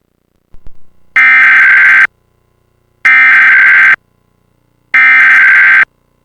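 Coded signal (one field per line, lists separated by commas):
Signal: Emergency Alert System (SAME) tones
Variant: header bursts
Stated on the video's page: Required monthly test carried on Spectrum cable.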